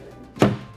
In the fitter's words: lowers down locks into place